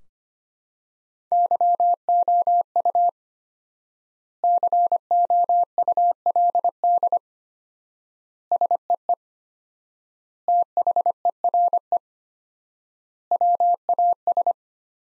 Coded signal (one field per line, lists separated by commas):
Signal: Morse code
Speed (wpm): 25 wpm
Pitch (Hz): 700 Hz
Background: none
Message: YOU COULD SEE THERE WAS